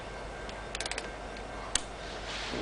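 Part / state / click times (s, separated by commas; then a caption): torque wrench on cylinder head bolt / torque reached / 1.8 s. A ratchet-style torque wrench tightens a cylinder head bolt on a B-series (B18/B16) engine to 22 ft-lb, following the book's sequence so the head lays flat. A quick burst of ratcheting ticks comes around 0.7–1.0 s, then the wrench gives a single sharp click at 1.8 s, confirming the bolt has reached the torque setting.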